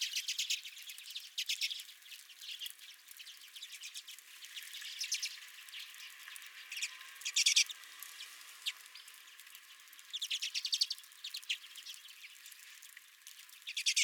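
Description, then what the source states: Redpoll flock chatter: scattered bursts of high, dry twittering notes, quieter stretches between louder clusters. Several redpolls at the recordist's feeder.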